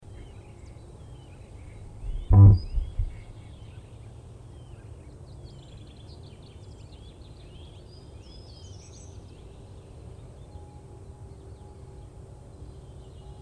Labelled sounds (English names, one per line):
Short-toed Treecreeper